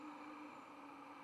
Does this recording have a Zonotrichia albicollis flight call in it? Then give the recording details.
no. No flight call is heard. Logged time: 00:41 on 11 November 2014